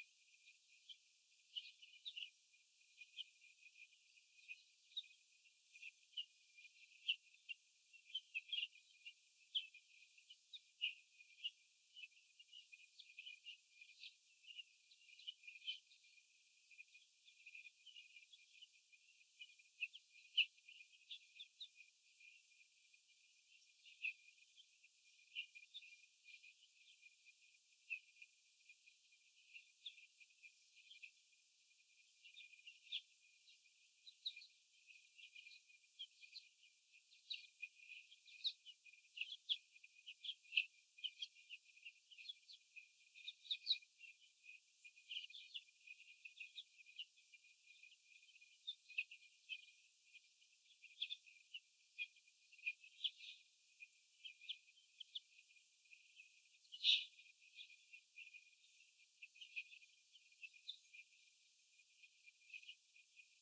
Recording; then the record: young laying hens in a cage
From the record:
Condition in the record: after the stressor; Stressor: sudden umbrella opening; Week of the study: 3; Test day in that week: 2